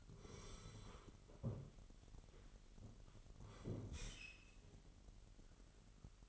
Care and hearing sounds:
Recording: daily activity, microphone in the room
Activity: sit down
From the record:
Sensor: 4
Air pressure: 999.3 hPa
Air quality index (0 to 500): 112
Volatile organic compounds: 2 ppm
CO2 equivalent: 1106 ppm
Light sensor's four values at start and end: 12/29/12/13 and 12/29/12/13

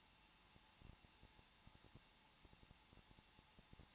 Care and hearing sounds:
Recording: daily activity, microphone in the room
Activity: no activity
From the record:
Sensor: 1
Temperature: 20.0 degrees Celsius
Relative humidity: 39.4%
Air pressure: 1006.4 hPa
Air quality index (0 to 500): 220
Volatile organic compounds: 83 ppm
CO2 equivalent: 3635 ppm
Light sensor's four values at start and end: 1/2/1/1 and 1/2/1/1

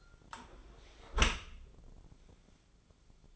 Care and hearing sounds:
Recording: daily activity, microphone in the room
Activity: close dishwasher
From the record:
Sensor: 5

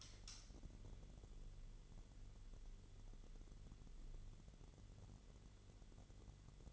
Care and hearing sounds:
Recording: daily activity, microphone in the room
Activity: light off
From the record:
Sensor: 4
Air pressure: 1008.6 hPa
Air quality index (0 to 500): 98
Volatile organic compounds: 1 ppm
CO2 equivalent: 733 ppm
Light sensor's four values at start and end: 12/27/11/10 and 12/29/11/11

